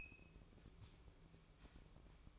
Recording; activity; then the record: daily activity, microphone in the room; open fridge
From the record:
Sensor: 1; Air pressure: 1007.9 hPa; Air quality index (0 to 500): 100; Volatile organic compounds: 1 ppm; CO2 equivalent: 853 ppm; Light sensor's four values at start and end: 13/30/12/14 and 13/30/12/14